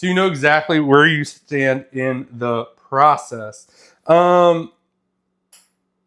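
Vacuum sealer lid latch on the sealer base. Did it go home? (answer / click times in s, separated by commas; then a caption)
released / 5.5 s. Someone talks for most of the clip while a Gasbye vacuum sealer finishes its manual seal countdown. After the speech stops, the sealer's lid latch on the sealer base gives a single short click at 5.5 s, releasing at the end of the sealing cycle.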